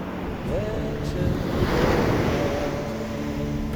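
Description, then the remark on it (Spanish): Heavy surf of a strong sea roars steadily on the shore, a broad rushing wash that swells louder through the middle as a wave breaks and spreads, with a faint low tonal hum running underneath. “Por la orilla del mar. El mar está verde, verde esmeralda. El mar está fuerte.”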